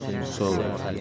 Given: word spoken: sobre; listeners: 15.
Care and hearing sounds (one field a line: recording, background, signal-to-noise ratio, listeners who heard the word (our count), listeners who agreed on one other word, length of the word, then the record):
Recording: one Spanish word in noise, from a listening test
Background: eight-talker babble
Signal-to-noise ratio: 0.9 dB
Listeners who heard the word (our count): 0 of 15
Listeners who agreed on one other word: 7 of 15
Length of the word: 0.61 s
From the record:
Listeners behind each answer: 7, 3, 2, 1, 1, 1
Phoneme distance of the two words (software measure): 10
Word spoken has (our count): 2 syllables, 5 phonemes, stress on syllable 1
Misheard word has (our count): 2 syllables, 5 phonemes, stress on syllable 1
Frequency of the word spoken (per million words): 1898.97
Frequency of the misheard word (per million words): 13.19